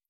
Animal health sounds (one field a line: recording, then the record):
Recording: hydrophone in a shrimp aquaculture tank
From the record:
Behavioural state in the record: feeding